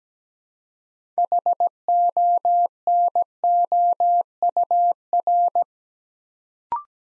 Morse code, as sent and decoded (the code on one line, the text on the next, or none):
.... --- -. --- ..- .-.
HONOUR